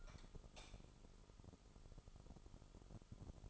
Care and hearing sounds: daily activity, microphone in the room; light on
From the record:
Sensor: 5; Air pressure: 988.5 hPa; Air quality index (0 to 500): 215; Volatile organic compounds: 112 ppm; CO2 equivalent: 3829 ppm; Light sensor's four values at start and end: 44/132/52/55 and 45/138/54/57

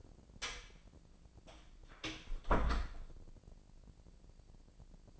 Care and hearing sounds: daily activity, microphone in the room; close door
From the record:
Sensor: 5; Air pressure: 1012.4 hPa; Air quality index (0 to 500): 160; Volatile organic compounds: 2 ppm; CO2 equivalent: 1090 ppm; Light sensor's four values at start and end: 156/378/157/171 and 152/368/153/167

